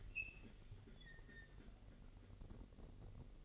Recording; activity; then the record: daily activity, microphone in the room; open fridge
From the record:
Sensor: 4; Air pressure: 1002.8 hPa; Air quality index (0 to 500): 240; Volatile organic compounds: 17 ppm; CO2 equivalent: 2572 ppm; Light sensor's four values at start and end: 4/10/4/4 and 4/10/4/4